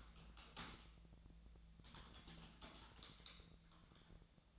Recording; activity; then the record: daily activity, microphone in the room; typing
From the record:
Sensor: 3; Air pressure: 1000.2 hPa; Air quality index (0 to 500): 138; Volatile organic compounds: 2 ppm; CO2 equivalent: 1222 ppm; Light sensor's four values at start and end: 38/98/41/45 and 38/97/41/45